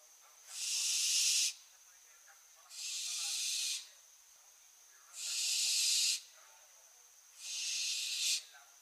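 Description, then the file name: Barn owl calling four harsh, hiss-like screeches at fairly regular intervals, over a faint steady whine. "Schleiereule - Tyto alba"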